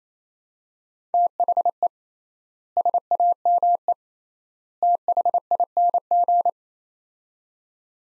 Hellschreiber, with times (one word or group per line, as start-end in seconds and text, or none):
none